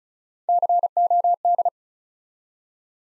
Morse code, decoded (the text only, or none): COD